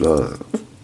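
A plastic backpack accessory is handled and pressed toward the back of an action figure, a very tight fit, while someone talks over a brief soft knock. Nothing has seated or clicked yet; the clip ends just before the backpack clips on.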